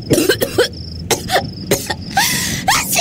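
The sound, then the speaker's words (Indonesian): A fit of harsh, rasping coughs from a person who feels unwell comes in quick bursts, about eight in a row, the last ones longer and more strained, with no talking. “Aku sekarang ada batuknya.”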